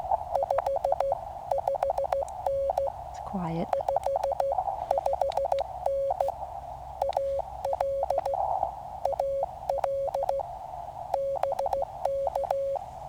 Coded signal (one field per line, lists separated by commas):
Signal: Morse code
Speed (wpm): 16 wpm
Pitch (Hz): 550 Hz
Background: speech, radio noise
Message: 55N 55N AL AL BK